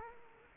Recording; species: mosquito wingbeat signal from an infrared sensor; Culex quinquefasciatus